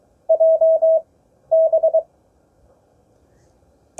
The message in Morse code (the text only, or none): JB